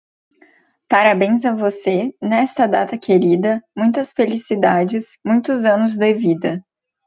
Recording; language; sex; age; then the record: short text; Brazilian Portuguese; female; 20 to 29 years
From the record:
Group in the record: control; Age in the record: 26 years